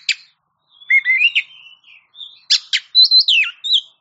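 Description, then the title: Oriental magpie-robin song with sweet slurred whistles, a few harsh rasping notes and a bright downslurred whistle near the end, delivered in quick varied phrases. Champion songbird. "Kicau Burung Kacer Juara"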